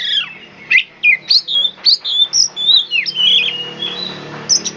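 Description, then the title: Oriental magpie-robin song of clear whistled notes, some rising, some falling, over a low steady hum. National first-place champion songbird, described as singing loudly and persistently ('gacor'). "KACER JUARA 1 NASIONAL GACOR"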